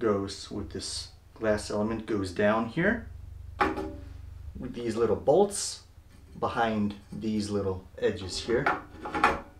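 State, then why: Seated. Someone talks while lowering the glass element of a Krokus 66 Color darkroom enlarger into its holder, so its little bolts sit behind the holder's edges, then turns it until it locks. A short mechanical clack at 9.2 s marks the element seating locked in place.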